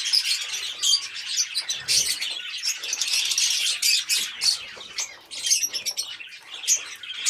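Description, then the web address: Lovebirds chattering in a dense, continuous mix of high, shrill chirps and squeaks from several birds at once. "nerazlucniki-fiseramaskovye agapornis-fischeri"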